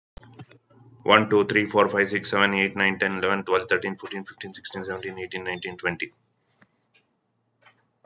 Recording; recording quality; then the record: counting at a fast pace; excellent, no background noise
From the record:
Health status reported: healthy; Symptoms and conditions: none ticked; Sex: male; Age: 53 years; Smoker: not ticked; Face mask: not worn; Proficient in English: yes